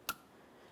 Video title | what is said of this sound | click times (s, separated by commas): How to Replace Washer Pump 2004-2010 BMW X3 | There's my click. | 0.1 s